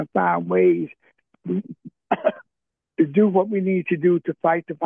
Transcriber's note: coughs